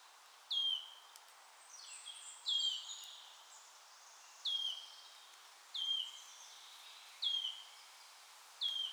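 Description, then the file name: Wood warbler calling with several descending piping notes, while another bird adds high thin chirps near the start. "sisego fuzike hangja"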